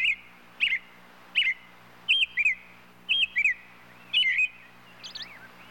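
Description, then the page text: Robin uttering high chirping notes, some doubled, about once a second, ending with a softer twitter; faint low hum beneath. "Robin Bird Calls. Quick Sounds"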